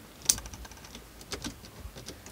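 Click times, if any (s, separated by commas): 0.3 s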